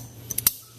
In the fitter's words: The male end of the long pull-out hose. Push it in until it clicks.